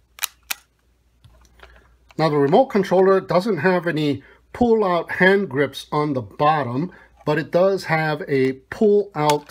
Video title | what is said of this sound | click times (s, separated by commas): Dual Rotor Bi-Copter LYZRC L100 Review and Test | so simply slide it back in and it will click into place | 0.2 s, 0.5 s